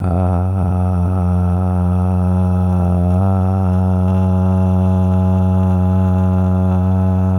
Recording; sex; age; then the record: sustained vowel /a/; male; 20 to 29 years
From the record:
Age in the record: 27 years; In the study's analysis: excluded